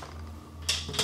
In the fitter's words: these cool looking little struts just kind of click in here